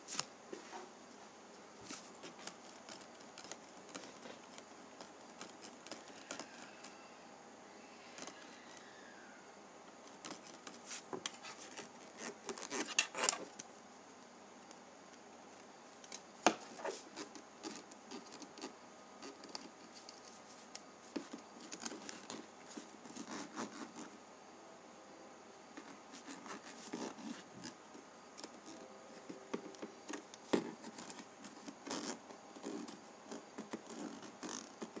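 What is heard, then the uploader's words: Penny Ridge rubbing: a continuous scratchy, dry friction noise runs for the whole clip, with a faint hiss underneath. Brief louder scrapes and clicks break through irregularly, sharpest around 13, 16, 24 and 31 seconds, while the overall level stays fairly even. ASMR Penny Ridge Rubbing.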